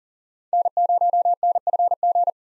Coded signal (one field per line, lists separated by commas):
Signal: Morse code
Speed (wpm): 40 wpm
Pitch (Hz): 700 Hz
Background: none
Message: N0NFG